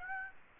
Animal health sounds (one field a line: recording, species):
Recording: mosquito wingbeat signal from an infrared sensor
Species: Aedes aegypti